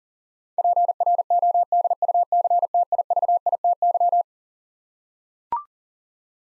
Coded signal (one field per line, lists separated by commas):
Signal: Morse code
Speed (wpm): 40 wpm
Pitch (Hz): 700 Hz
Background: none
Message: PRODUCTIVITY